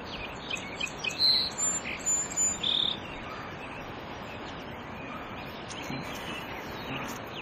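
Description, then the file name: Song sparrow song: a short phrase of high notes lasting about two and a half seconds, followed by steady hissing background noise. "Melospiza melodia singing"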